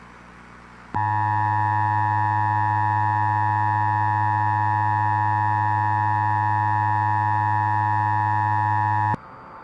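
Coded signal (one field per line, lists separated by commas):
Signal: Emergency Alert System (SAME) tones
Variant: 853 and 960 Hz attention tone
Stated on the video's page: Simulated what-if EAS activation scenario set during the September 11 attacks.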